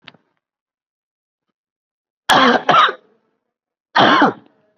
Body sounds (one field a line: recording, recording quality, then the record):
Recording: heavy voluntary cough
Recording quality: excellent, no background noise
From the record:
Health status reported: COVID-19 positive, mild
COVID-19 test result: positive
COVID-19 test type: RT-PCR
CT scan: taken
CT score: 5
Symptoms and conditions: cough, breathing difficulty, fever, another respiratory illness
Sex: male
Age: 56 years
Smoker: no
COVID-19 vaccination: none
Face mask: not worn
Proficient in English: no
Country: India